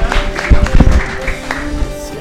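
Audience applause: scattered clapping comes in uneven bursts over a steady low hum, rising briefly before thinning out.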